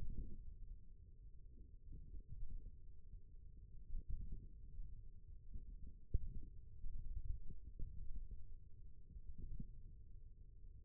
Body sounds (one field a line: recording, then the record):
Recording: forearm muscle sounds (acoustic myography)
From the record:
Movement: thumb flexion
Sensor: system 1, eight BSWA MPA416 microphones around the upper forearm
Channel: 2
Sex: male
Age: 28 years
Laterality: right